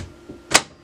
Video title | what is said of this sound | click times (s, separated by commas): Brother HL-2170W - How to Change Your Drum - Onyx Imaging | you hear it click you know it's in there | 0.6 s